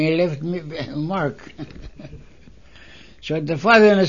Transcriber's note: he laughs